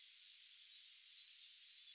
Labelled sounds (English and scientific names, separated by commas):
Yellowhammer (Emberiza citrinella) song